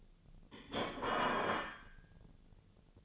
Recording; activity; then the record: daily activity, microphone in the room; place plate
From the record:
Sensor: 4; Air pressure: 1010.2 hPa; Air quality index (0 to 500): 180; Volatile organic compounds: 5 ppm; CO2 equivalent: 1826 ppm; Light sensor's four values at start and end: 31/91/36/35 and 31/92/36/35